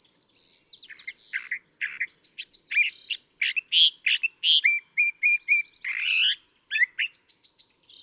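California thrasher song, a continuous run of varied phrases mixing harsh, buzzy notes with clear whistles and some repeated notes, loud and rapidly changing in pitch.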